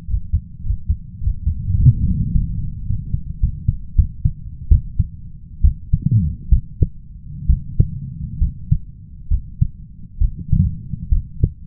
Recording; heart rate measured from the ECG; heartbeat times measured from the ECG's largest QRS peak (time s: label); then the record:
heart sounds by stethoscope; 82 bpm
0.07 s: heartbeat
0.63 s: heartbeat
1.20 s: heartbeat
1.77 s: heartbeat
2.31 s: heartbeat
2.87 s: heartbeat
3.40 s: heartbeat
3.95 s: heartbeat
4.68 s: heartbeat
5.61 s: heartbeat
6.49 s: heartbeat
7.47 s: heartbeat
8.39 s: heartbeat
9.28 s: heartbeat
10.18 s: heartbeat
11.09 s: heartbeat
From the record:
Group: healthy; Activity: rest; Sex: male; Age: 21 years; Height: 170 cm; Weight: 71 kg